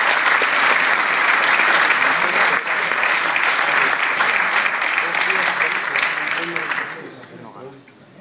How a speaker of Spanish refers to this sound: Un fuerte aplauso.